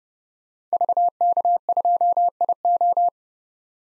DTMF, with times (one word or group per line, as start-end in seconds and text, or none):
none